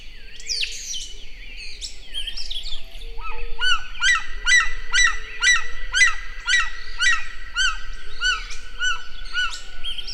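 White-winged guan giving a run of harsh, nasal notes, about two per second, after some brief squawks, with a faint steady tone beneath.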